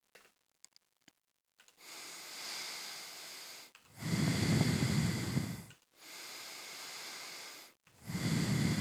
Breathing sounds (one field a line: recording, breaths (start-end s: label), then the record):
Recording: nose breathing near a microphone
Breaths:
1.58-3.73 s: inhalation
3.73-5.68 s: exhalation
5.68-7.88 s: inhalation
7.88-8.81 s: exhalation
From the record:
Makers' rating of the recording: medium